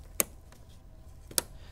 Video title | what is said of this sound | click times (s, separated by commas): Dell PowerEdge R520 Server Memory Spec Overview & Upgrade Tips - How to Configure the System | that click lets you know you fully seated it | 0.2 s, 1.4 s